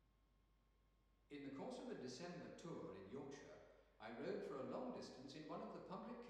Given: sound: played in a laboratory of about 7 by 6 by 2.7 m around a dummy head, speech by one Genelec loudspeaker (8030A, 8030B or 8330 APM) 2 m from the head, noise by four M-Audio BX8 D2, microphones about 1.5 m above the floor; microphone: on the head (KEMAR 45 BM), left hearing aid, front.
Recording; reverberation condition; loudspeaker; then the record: male speech in English; high; 150 degrees to the left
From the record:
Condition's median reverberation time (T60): about 1300 ms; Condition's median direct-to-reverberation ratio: about -4.0 dB